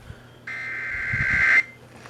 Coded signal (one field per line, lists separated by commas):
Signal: Emergency Alert System (SAME) tones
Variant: header bursts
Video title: RUN FOR IT AGAIN... EAS Alerts from 5/29/19 (EAS #2,539 - 2,552)